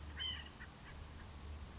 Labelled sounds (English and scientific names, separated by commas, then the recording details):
White-breasted Nuthatch (Sitta carolinensis)
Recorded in Sonoma County, California